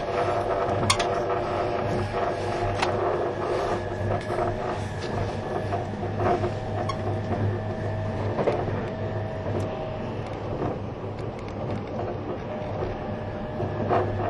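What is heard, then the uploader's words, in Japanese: Vehicle running sound: a steady low rumble with constant hum tones, occasional sharp clicks and rattles scattered throughout, level staying even. E257系 あずさ19号03 甲府～松本。音の旅(走行音)。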